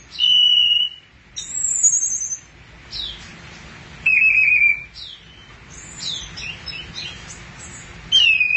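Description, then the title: Thrush song of varied whistled phrases, some sliding down and others buzzy, loud and close together with brief pauses between. "burung anis x"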